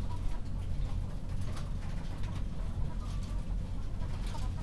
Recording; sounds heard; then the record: poultry house recording; healthy chickens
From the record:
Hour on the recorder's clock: 22